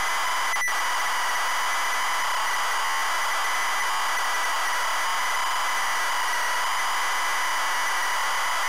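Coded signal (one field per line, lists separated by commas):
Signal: ZX Spectrum tape loading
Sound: continuous harsh raspy screech with a brief gap near the start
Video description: ZX Spectrum load up and quick game play of Paperboy loaded up using a zx spectrum +3 with a wh smith cpd8300 cassette player.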